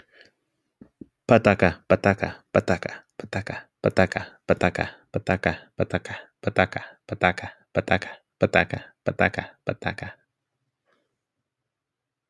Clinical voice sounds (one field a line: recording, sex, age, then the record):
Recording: repeated syllables /pa ta ka/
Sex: male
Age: 20 to 29 years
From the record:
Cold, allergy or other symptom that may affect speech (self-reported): no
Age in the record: 28 years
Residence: California, United States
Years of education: 16